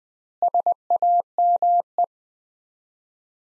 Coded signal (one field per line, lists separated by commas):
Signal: Morse code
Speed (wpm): 20 wpm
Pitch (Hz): 700 Hz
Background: none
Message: SAME